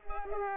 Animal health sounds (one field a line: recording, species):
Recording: mosquito wingbeat signal from an infrared sensor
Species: Culex pipiens